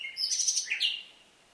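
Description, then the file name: Common nightingale song fragment: a brief burst of high rapid notes, about a second long, fading out over quiet background. "Luscinia megarhynchos"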